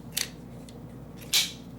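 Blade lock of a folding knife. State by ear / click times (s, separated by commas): seated / 0.2 s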